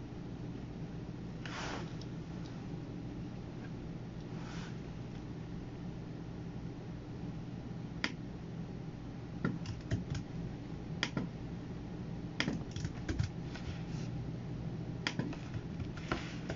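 Computer work sounds: a steady low hum runs throughout, with a couple of soft brushing noises near 2 and 4.5 seconds. From about 8 seconds on, sharp clicks and taps come in irregular bursts, like keys and mouse clicks, growing busier toward the end.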